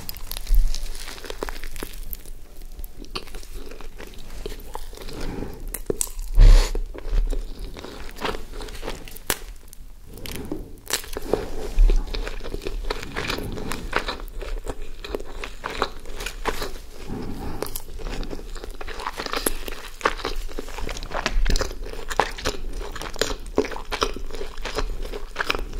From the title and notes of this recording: ASMR McDonalds Nuggets, Hamburger, Fries (EATING SOUNDS).